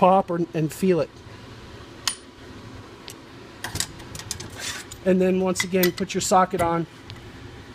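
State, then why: Seated. With the race removed and the part pushed flush with the urethane, a screwdriver pushes a screw toward the hole in an Iron Horse grinder's urethane tooling plate coupler. The screw pops into place with a sharp, loud click at 2.1 s, followed by several quieter taps and clicks. Someone talks before and after.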